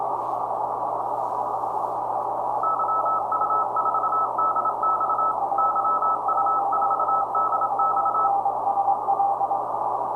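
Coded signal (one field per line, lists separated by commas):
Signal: Morse code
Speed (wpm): 27 wpm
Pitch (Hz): 1300 Hz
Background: none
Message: YU4DX YU4DX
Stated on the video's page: CW sent on an MFJ 9200 transceiver.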